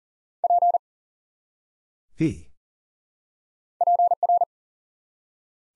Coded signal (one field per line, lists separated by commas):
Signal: Morse code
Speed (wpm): 37 wpm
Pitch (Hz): 700 Hz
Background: none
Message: P PR